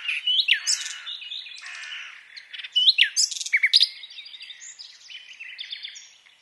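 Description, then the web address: Common nightingale: songbird singing busy, varied phrases of sliding whistles, harsh notes and quick chirps in continuous flow. "SETE Luscinia megarhynchos"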